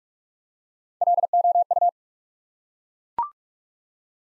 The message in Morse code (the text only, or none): LOU